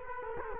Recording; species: mosquito wingbeat signal from an infrared sensor; Culex quinquefasciatus